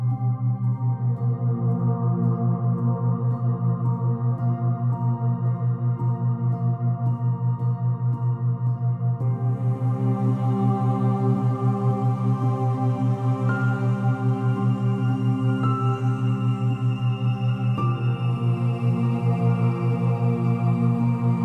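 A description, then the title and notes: A binaural beat drone of soft ambient tones hums steadily, with a low, evenly pulsing hum and stacked sustained pitches above it. Around nine seconds a brighter, airy shimmer joins in, and faint chime-like touches surface a few times later. Binaural beats theta wave state sound, which includes soft ambient tones and calming sound design.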